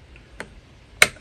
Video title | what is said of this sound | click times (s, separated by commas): How to Open a Child-Safe Cap on a Listerine Bottle | Snaps in place. | 1.0 s